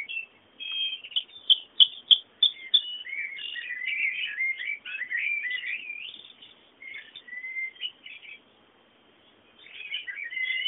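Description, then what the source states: Bird song, sharp clicking chips giving way to a long lively twittering warble, a pause, then more chirping at the end. Bird sounds meant as background ambience.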